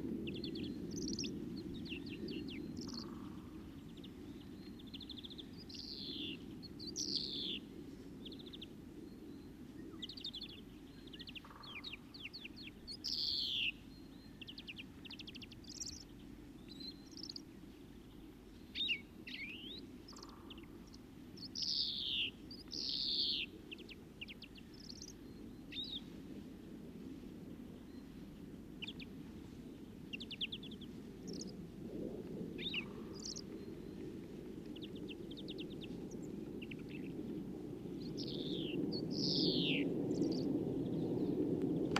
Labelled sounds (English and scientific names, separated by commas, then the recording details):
European Greenfinch (Chloris chloris) song
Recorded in the wild
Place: Kaiserslautern, Rheinland-Pfalz, DE
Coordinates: 49.4358, 7.8376
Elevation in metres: 292
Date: 1977-03-01
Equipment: Nagra IV, Sennheiser MKH 405, Parabolreflektor
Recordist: Tretzel, Erwin